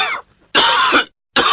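An adult coughing in a few harsh, separate bursts.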